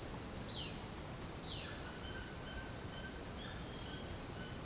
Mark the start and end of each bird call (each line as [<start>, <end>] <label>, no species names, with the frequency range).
[0.38, 4.62] bird call (0.8-4.6 kHz)